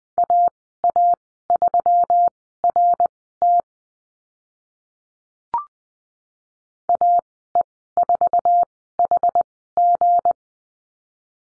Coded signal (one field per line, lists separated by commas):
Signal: Morse code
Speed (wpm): 20 wpm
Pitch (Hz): 700 Hz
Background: none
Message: AA3RT AE4HG